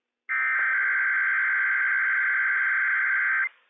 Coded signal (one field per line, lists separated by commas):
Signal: Emergency Alert System (SAME) tones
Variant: header bursts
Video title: Inland Northwest RWT - WWF56 - EAS #127 - 10:12 AM PDT 7/6/21